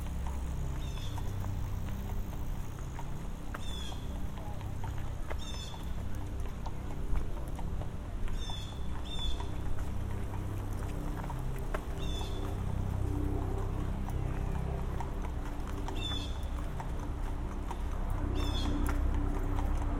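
A walk through Central Park, with a steady, dense low rumble running throughout. Short bright chirps or clicks pop up every few seconds, irregularly spaced, over a constant murmur in the middle range.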